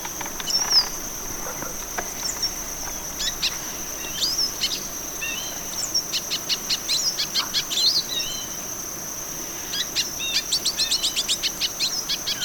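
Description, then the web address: Olivaceous Siskin singing in scattered bursts of quick high chips and twittered trills, the last burst a rapid series, over a constant shrill insect drone. Recorded in Ecuador. "Natures Songs S America Birds of Ecuador Olivaceous Siskin"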